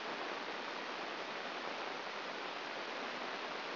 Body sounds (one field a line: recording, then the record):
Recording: brain microelectrode recording played as sound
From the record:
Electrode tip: inside the subthalamic nucleus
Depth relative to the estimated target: 2 mm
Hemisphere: left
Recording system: AlphaMap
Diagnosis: Parkinson's disease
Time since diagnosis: 9 years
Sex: female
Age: 40 years